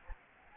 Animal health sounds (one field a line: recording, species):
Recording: mosquito wingbeat signal from an infrared sensor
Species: Anopheles gambiae